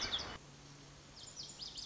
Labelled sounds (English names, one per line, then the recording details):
Lazuli Bunting
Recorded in Sonoma County, California